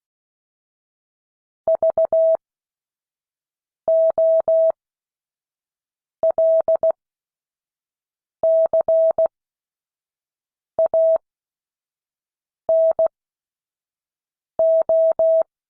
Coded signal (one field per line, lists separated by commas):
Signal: Morse code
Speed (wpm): 16 wpm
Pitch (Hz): 650 Hz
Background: none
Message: VOLCANO